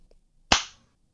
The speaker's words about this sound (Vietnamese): Ông Thông Ngôn còn chưa kịp nói hết câu thì đã bị một cái tát tai nảy lửa giáng vào mặt, tới mức ông ngã quỵ.